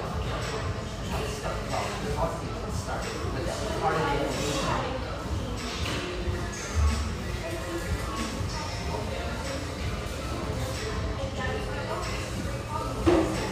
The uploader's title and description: Sellwood, Portland, Oregon. Family-oriented, high-ceilinged java joint near Portland's Willamette riverfront